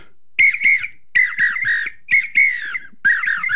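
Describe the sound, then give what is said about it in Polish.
A wooden apito whistle blown in four loud, warbling bursts, each a shrill trilling tone around a steady high pitch, separated by short pauses. “To się nazywa apito. To jest drewniana taka gwizdawka.”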